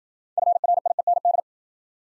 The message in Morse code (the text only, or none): FRIEND